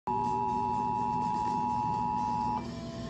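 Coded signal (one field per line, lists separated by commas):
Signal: Emergency Alert System (SAME) tones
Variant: 853 and 960 Hz attention tone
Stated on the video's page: Flash Flood Warning relayed on an FM broadcast station at 96.3 MHz in Fort Worth, Texas.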